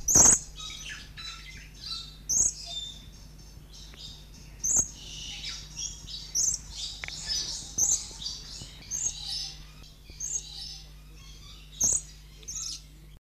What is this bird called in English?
Orange-billed Lorikeet